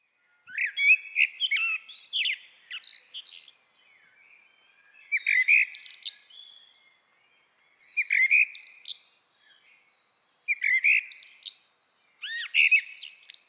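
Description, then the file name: Eurasian blackbird, several separate phrases, each a mellow low whistled start followed by high squeaky twittering, with short silent gaps between phrases; no other sounds. "Turdus merula"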